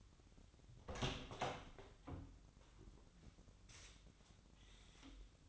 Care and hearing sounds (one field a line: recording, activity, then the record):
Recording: daily activity, microphone in the room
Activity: open door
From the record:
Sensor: 3